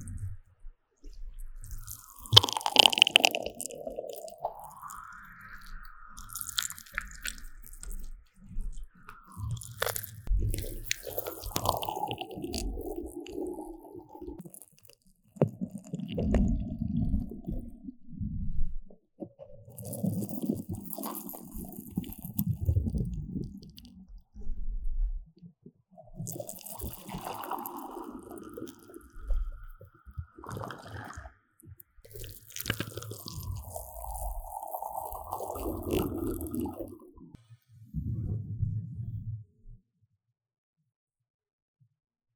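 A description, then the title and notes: Blowing into the ear and touching and brushing the microphone, in uneven bursts that swell and fade every few seconds. Soft low rumbling pushes alternate with bright hissy brushing, and short scratchy clicks scatter throughout before the sounds die away near the end. 吹氣&&撫摸麥克風. Ear Blowing & Mic Touching, Brushing. NO Talking.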